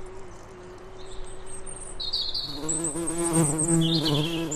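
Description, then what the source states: Bee buzzing, a faint drone at first, then a louder rich hum from about three seconds, with short high bird chirps above. Bees humming in a flower meadow.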